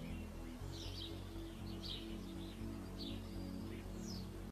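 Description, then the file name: Common chiffchaff song of a few high, down-slurred notes spaced out at irregular intervals, heard over a steady low drone. "Canto do felosa comum"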